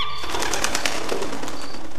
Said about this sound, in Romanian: Ai auzit? Da. Ia auzit. Pare o pasăre.